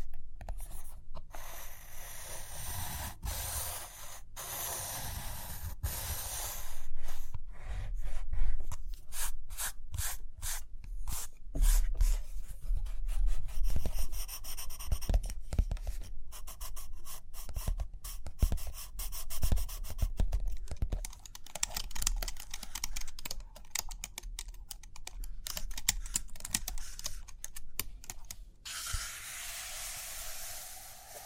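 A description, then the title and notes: Pencil writing and drawing scratch across paper in steady, dense strokes, broken by frequent sharp ticks and taps that come in quick clusters, thickest between about 8 and 12 seconds and again from 19 to 28. A soft rubbing hiss fills the final seconds. Page Turning and Tapping, Writing, Drawing.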